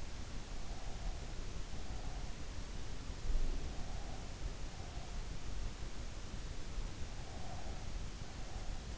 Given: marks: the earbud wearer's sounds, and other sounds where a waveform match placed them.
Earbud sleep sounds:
sounds in sleep by an in-ear microphone; breath
0.72-2.37 s: breath
3.37-5.37 s: breath
7.22-8.98 s: breath

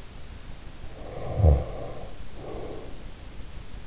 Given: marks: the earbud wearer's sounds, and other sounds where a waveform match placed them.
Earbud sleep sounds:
sounds in sleep by an in-ear microphone; snoring breath
0.95-3.01 s: snoring breath

